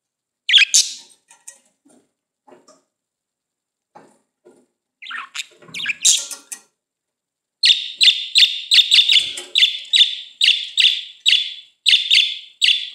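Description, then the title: Budgerigar calls, scattered chirps and chatter, then a steady run of many repeated sharp chirps. "Budgie Sounds"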